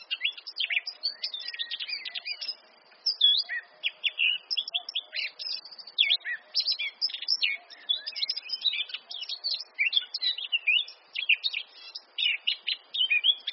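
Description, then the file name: Eurasian blackcap song, a continuous rambling warble of scratchy chatter and short clear notes, fast and varied with only brief pauses. "Sylvia atricapilla"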